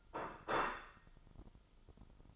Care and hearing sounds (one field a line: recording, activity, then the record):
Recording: daily activity, microphone in the room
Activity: place plate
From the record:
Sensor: 5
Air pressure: 995.3 hPa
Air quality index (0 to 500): 89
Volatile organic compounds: 4 ppm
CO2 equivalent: 1657 ppm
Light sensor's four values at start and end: 23/58/22/21 and 24/58/22/21